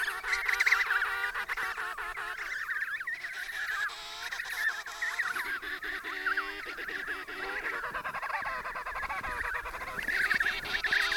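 Many penguins calling together, honking brays layered continuously throughout, with a few louder wavering calls standing out above the crowd.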